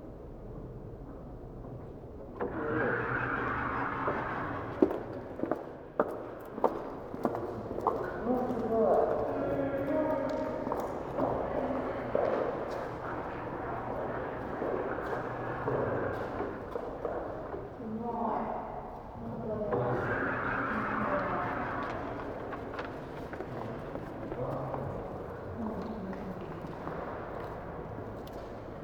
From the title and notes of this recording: Recordings I made on the 25 May 2017 during a day of wandering in Kanazawa, an important cultural town on the west coast of Honshu Japan.